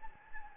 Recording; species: mosquito wingbeat signal from an infrared sensor; Anopheles gambiae